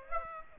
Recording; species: mosquito wingbeat signal from an infrared sensor; Aedes aegypti